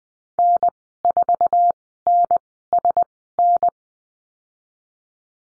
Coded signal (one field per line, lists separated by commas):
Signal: Morse code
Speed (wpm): 20 wpm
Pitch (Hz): 700 Hz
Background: none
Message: N4NSN